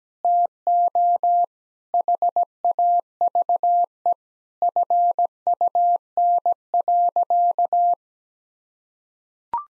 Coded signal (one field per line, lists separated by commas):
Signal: Morse code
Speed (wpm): 17 wpm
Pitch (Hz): 700 Hz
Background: none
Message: TO HAVE FUN.